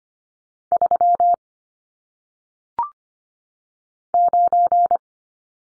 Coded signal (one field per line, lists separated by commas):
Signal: Morse code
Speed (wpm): 25 wpm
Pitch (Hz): 700 Hz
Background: none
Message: 3 9